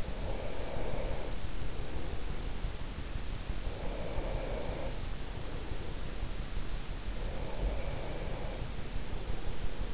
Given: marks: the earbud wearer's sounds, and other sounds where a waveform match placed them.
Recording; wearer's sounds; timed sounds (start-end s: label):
sounds in sleep by an in-ear microphone; breath
0.00-2.20 s: breath
3.36-5.95 s: breath
6.98-9.57 s: breath